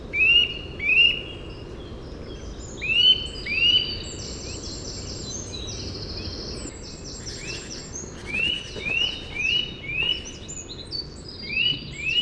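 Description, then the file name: Eurasian nuthatch calling with short rising whistles, given singly or in pairs and trios, while other small birds chirp higher and faster in the background. "Sitta europaea"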